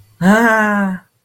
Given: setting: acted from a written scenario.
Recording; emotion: vocal sound without words; ecstasy